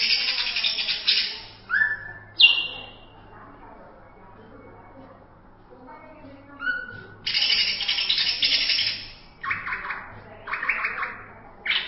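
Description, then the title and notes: Greater green leafbird song made of scattered phrases: a harsh opening burst, a few clear whistles and slurred notes, then harsh, scratchy bursts with pauses between them. Champion bird. "Kicau Burung Cucak Ijo Juara. Suara kicauan burung cucak ijo"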